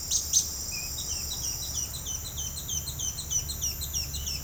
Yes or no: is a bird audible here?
yes